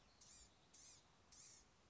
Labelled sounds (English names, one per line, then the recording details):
Blue-gray Gnatcatcher
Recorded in Sonoma County, California